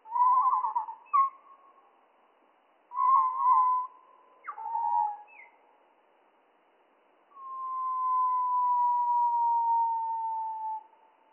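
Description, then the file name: Spotted flycatcher song in deep slow form: three warbled, wavering phrases separated by pauses, followed by a long smooth tone sliding slowly downward. Slowed down by three octaves; mono recording. "GOBE MOUCHE GRIS"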